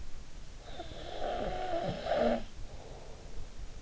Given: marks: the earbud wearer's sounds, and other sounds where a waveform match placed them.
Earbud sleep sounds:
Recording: sounds in sleep by an in-ear microphone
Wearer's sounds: snoring breath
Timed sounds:
0.57-3.43 s: snoring breath

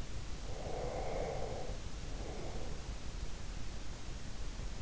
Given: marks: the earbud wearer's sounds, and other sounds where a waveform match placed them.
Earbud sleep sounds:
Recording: sounds in sleep by an in-ear microphone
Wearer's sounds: breath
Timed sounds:
0.36-2.87 s: breath

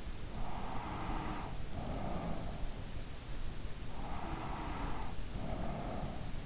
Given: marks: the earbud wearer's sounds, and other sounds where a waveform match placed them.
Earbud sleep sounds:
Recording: sounds in sleep by an in-ear microphone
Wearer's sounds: breath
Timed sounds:
0.42-2.77 s: breath
3.81-6.46 s: breath

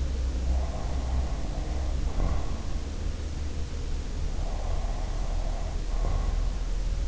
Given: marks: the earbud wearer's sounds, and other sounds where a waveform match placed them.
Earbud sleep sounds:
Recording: sounds in sleep by an in-ear microphone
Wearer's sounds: breath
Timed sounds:
0.69-2.82 s: breath
4.18-6.49 s: breath

